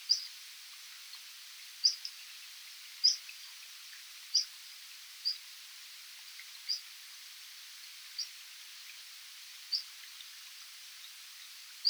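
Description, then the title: Orange-headed thrush giving faint, short, high call notes at a slow, fairly regular pace, over a steady background hiss. "Burung Anis Merah"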